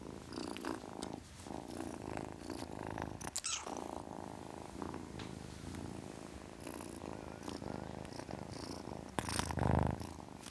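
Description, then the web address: Domestic cat purring, deep continuous rumble with breath swells, interrupted by a louder rustle or bump near the end. Ten-week-old domestic kitten, purring. "BBC Sound Effects Library Cats Ten Week Old Kitten, Purring"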